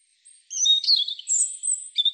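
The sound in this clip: European robin song phrase: faint opening notes, then thin high whistles and quick warbled notes.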